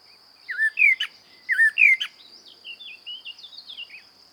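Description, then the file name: Common blackbird singing two loud, rich whistled phrases with sharp high tips, followed by a string of softer, quieter warbled notes; constant high-pitched tone behind. "Turdus merula"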